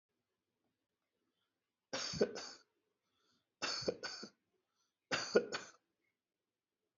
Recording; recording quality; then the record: shallow voluntary cough; excellent, no background noise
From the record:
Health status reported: healthy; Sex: male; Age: 50 years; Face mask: not worn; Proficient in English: yes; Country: India